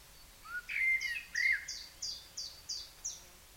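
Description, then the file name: Common blackbird song phrase: a low fluty warble, then a string of high, squeaky notes repeated evenly about three times a second. "Turdus merula"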